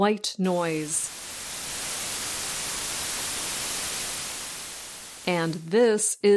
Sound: audio example: white noise